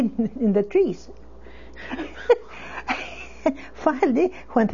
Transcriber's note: she laughs